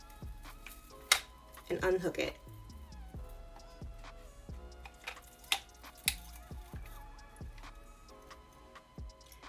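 On a Revlon 4-piece hot air brush kit, the release button is pressed and the plastic brush attachment is unhooked from the hot air brush motor base, giving a sharp click at 1.1 s as the latch lets go and the attachment is released. Someone talks over background music, and further sharp clicks follow at about 5.5 s and 6.1 s.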